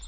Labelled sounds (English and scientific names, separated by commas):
Hermit Warbler (Setophaga occidentalis) flight call